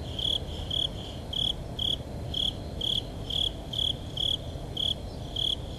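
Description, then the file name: Japanese burrowing cricket song of short, clear chirps repeated roughly twice each second, steady throughout, against a low continuous hum. "tuzuresase"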